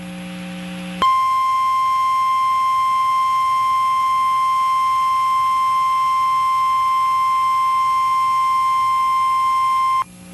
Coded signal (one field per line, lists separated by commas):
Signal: Emergency Alert System (SAME) tones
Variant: 1050 Hz attention tone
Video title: EAS 1405 (Severe Thunderstorm Warning)